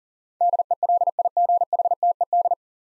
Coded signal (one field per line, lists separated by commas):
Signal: Morse code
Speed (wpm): 39 wpm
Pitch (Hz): 700 Hz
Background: none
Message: DELIGHTED